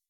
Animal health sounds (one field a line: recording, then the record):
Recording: hydrophone in a shrimp aquaculture tank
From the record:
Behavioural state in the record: weakened